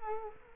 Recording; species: mosquito wingbeat signal from an infrared sensor; Culex quinquefasciatus